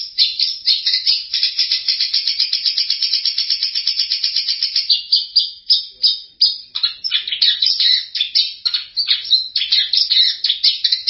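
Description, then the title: Long-tailed shrike song, a fast run of harsh, scratchy high notes repeated several per second, later breaking into varied chattering phrases; no other sounds. Champion competition songbird. "Kicau Burung Cendet Juara"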